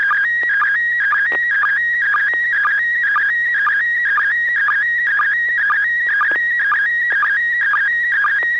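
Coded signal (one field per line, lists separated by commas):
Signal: SSTV (slow-scan television)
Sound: warbling stepped tones with short low sync blips repeating about twice a second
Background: low hum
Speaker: looks like some neighbor or Neil has a really really fancy uh Halloween set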